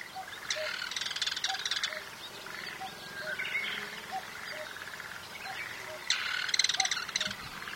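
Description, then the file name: Bull-headed shrike giving two loud grating bursts of chatter, while short low notes repeat throughout. "mozu"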